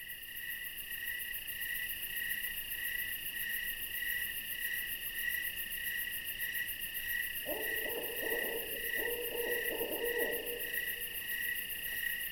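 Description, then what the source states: Owl giving a trilled, harmonic call in two bursts over about three seconds, set against a steady, loud chorus of insects. An owl visiting.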